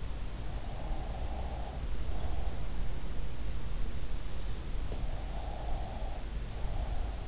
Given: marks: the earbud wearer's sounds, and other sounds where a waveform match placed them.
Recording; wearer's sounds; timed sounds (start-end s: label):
sounds in sleep by an in-ear microphone; breath
0.73-2.42 s: breath
4.82-7.28 s: sound from someone else or the room
4.98-7.28 s: breath